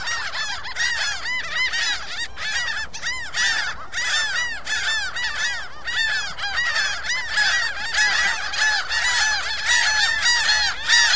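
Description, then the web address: Gulls: many gulls crying at once, a steady chorus of arched calls tumbling over one another. "seagulls"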